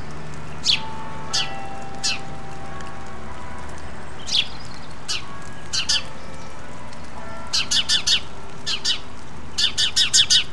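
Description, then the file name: House sparrow calls, scattered single chirps at first, then quick runs of repeated chirps toward the end, over a steady low hum. "Passer domesticus"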